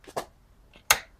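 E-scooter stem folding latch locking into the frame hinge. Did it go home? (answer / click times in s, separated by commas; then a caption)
yes / 0.9 s. A VOLPAM e-scooter's folded stem is raised and pushed forward until its metal folding latch locks into the frame hinge. After some soft handling noise, a sharp, loud snap comes at 0.9 s. The latch is seated and closed.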